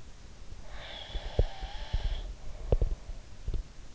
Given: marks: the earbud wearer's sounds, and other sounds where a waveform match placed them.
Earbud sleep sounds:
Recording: sounds in sleep by an in-ear microphone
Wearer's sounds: breath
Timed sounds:
0.58-3.00 s: breath
1.08-3.66 s: sound from someone else or the room

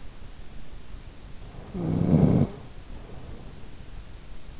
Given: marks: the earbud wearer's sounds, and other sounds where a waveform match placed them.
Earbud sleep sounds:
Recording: sounds in sleep by an in-ear microphone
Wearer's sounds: snoring breath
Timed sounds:
1.51-4.19 s: snoring breath

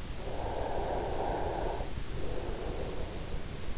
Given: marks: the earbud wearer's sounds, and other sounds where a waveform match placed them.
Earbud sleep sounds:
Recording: sounds in sleep by an in-ear microphone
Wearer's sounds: breath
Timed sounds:
0.48-3.48 s: breath

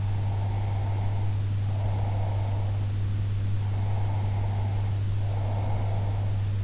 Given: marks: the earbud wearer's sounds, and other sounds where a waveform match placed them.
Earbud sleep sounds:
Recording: sounds in sleep by an in-ear microphone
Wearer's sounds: breath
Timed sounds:
0.00-2.88 s: breath
3.65-6.43 s: breath

